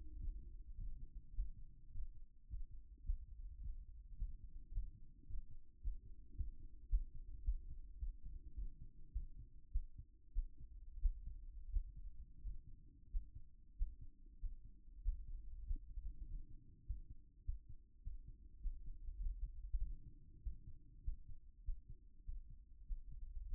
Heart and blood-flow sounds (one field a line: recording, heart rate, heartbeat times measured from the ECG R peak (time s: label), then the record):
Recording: heart sounds by stethoscope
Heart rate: 102 bpm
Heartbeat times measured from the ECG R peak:
0.18 s: heartbeat
0.76 s: heartbeat
1.33 s: heartbeat
1.91 s: heartbeat
2.47 s: heartbeat
3.03 s: heartbeat
3.59 s: heartbeat
4.15 s: heartbeat
4.71 s: heartbeat
5.26 s: heartbeat
5.80 s: heartbeat
6.35 s: heartbeat
6.89 s: heartbeat
7.43 s: heartbeat
7.97 s: heartbeat
8.53 s: heartbeat
9.11 s: heartbeat
9.71 s: heartbeat
10.32 s: heartbeat
10.99 s: heartbeat
11.70 s: heartbeat
12.41 s: heartbeat
13.10 s: heartbeat
13.75 s: heartbeat
14.39 s: heartbeat
15.02 s: heartbeat
15.64 s: heartbeat
16.25 s: heartbeat
16.85 s: heartbeat
17.43 s: heartbeat
18.02 s: heartbeat
18.60 s: heartbeat
19.19 s: heartbeat
19.79 s: heartbeat
20.41 s: heartbeat
21.02 s: heartbeat
21.63 s: heartbeat
22.24 s: heartbeat
22.85 s: heartbeat
23.46 s: heartbeat
From the record:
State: after exercise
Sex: male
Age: 52 years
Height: 176 cm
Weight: 105 kg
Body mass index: 33.90